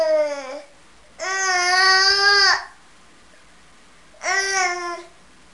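Three high-pitched, strongly voiced wails from an infant, the middle one longest at about a second and a half, separated by short silences. Ordinary infant crying, clear and tonal in a quiet room.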